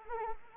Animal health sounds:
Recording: mosquito wingbeat signal from an infrared sensor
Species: Anopheles arabiensis

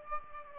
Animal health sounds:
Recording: mosquito wingbeat signal from an infrared sensor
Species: Aedes aegypti

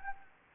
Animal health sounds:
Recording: mosquito wingbeat signal from an infrared sensor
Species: Anopheles gambiae

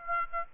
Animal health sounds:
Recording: mosquito wingbeat signal from an infrared sensor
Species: Aedes aegypti

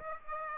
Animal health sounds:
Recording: mosquito wingbeat signal from an infrared sensor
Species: Aedes aegypti

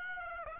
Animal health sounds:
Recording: mosquito wingbeat signal from an infrared sensor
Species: Aedes aegypti

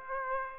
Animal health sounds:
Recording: mosquito wingbeat signal from an infrared sensor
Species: Aedes aegypti

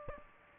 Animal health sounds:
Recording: mosquito wingbeat signal from an infrared sensor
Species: Aedes aegypti

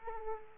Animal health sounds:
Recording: mosquito wingbeat signal from an infrared sensor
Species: Aedes aegypti

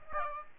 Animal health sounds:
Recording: mosquito wingbeat signal from an infrared sensor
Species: Aedes aegypti

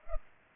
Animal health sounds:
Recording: mosquito wingbeat signal from an infrared sensor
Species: Culex pipiens

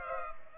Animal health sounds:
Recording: mosquito wingbeat signal from an infrared sensor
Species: Culex pipiens

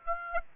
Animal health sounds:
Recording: mosquito wingbeat signal from an infrared sensor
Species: Aedes aegypti

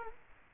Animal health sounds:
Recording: mosquito wingbeat signal from an infrared sensor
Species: Culex quinquefasciatus

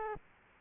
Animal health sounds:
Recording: mosquito wingbeat signal from an infrared sensor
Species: Aedes aegypti

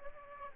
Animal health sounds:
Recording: mosquito wingbeat signal from an infrared sensor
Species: Aedes aegypti

